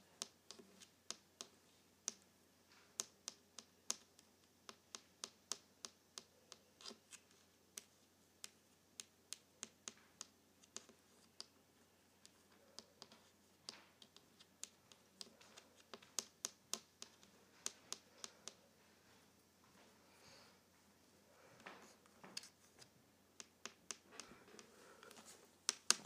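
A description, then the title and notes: A paperclip taps on a table in sharp, bright clicks, irregular and often clustered in quick bursts, with short pauses between runs. The taps continue through the whole stretch over a faint steady hiss, a few landing harder near the end. ASMR Tapping a Paperclip on my Table.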